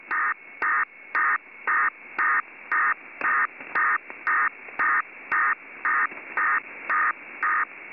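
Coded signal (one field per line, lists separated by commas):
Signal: HF data modem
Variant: DPRK ARQ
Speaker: North Korean diplomatic Communications utilize a proprietary arq modem unofficially known as dprk arq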